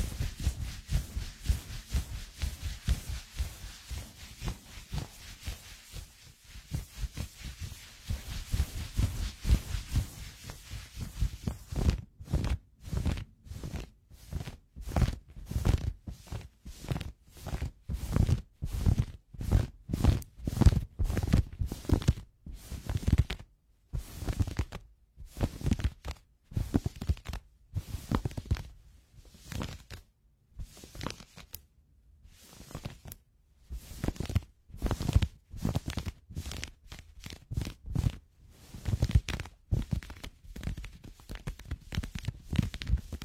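Close-fitting pajamas being rubbed, a dense run of soft, low brushing and rustling strokes. For the first twelve seconds the rubbing is continuous with a faint hiss above it; after that it breaks into quick, separate swishes with brief silences between them, fairly regular throughout.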